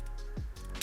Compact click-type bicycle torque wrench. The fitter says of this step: you get a pretty nice click